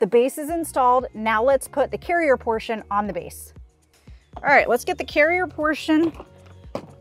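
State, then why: Seated. Someone talks while a plastic infant car seat carrier is lowered onto its installed car-seat base. A sharp click at 6.8 s marks the carrier latching securely in place.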